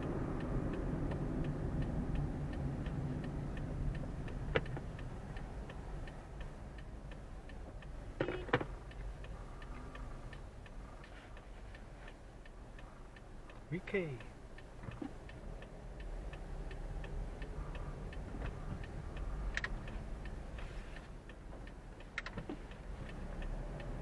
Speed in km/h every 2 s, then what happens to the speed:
28, 20, 9, 5, 5, 3, 2, 4, 8, 7, 1, 3.
0-11 slows to 2. 11-13 standing. 13-16 pulls away to 8. 16-20 slows to 1.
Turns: none.